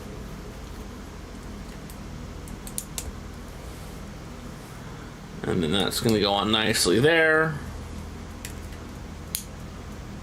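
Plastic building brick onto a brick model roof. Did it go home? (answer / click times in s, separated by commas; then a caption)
yes / 9.4 s. A plastic LEGO roof piece is pressed onto the roof of a LEGO Ideas Treehouse (21318) brick model, with faint small taps around 2.7–3.0 s and 8.5 s while someone talks in the middle of the clip. A sharp snap at 9.4 s marks the piece clicking into place, seated.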